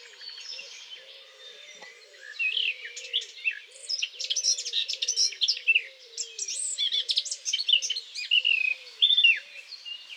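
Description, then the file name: Eurasian blackcap warbling song, a rapid jumble of high twittering and whistled notes. A soft, low, repeated note pulses steadily underneath throughout. "Sylvia atricapilla"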